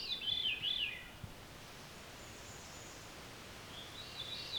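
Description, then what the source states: Veery song: two short, wavering, flute-like phrases, one at the start and one at the end, over a steady background hiss. Heard in the field; the recordist tries to get close enough to record it.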